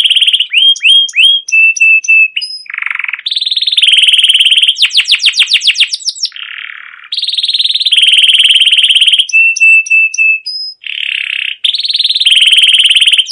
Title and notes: CUIT CUIT NGEROL LANGSUNG GACOR PANJANG Kenari Ini AMPUH utk Pancingan KENARI PAUD BELAJAR BUNYI. burung kenari